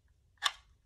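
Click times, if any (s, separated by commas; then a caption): 0.5 s. A Hikvision DS-2CD2955FWD-IS 5 MP network fisheye camera body is pushed onto its mounting plate at the alignment arrows and turned until it twist-locks. A single sharp tick is heard at 0.5 s, and the camera is locked into place on the plate.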